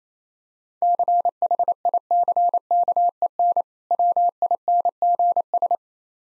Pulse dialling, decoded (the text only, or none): none